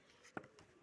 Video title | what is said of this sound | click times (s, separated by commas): How to write with pen correct pen location with your fingers #sbo #sbotvm #workfromhome #writtingpen | வேறு lock ஆக மாட்டேங்குது, ஒரு நிமிஷம் இருங்க. | none